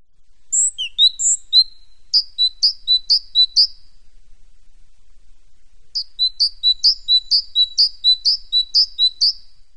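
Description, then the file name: Great tit song: a few introductory high notes, then a rhythmic two-note phrase repeated several times, a pause, and another run of the same see-sawing phrase. "parus major"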